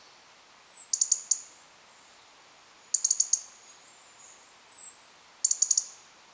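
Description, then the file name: European robin: thin, very high sliding whistles and bursts of rapid high ticking pulses, repeated. "Erithacus rubecula"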